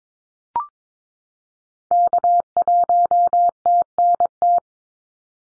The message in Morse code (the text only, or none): K1TNT